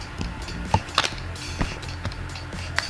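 The plastic top cover of a PS4 Pro game console is pulled up on each side to unclip it from the chassis without removing any screws. Sharp clicks ring out at 0.7, 1.0 and 2.8 seconds over a steady low background, with a few softer knocks in between. The clips come loose and the cover is released.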